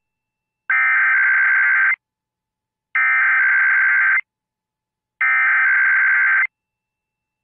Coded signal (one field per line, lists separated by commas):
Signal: Emergency Alert System (SAME) tones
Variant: header bursts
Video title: Pacific IPAWS Weekly Monday (EAS #12393-12396) 8/21/23